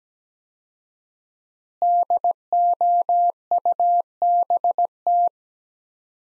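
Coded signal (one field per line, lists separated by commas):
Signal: Morse code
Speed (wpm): 17 wpm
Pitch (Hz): 700 Hz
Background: none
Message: DOUBT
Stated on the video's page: Morse practice sending sets of five words at 17 wpm with 4x word spacing, a Farnsworth-like method applied to words.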